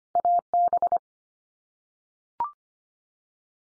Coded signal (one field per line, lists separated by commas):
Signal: Morse code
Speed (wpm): 25 wpm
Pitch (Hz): 700 Hz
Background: none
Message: AB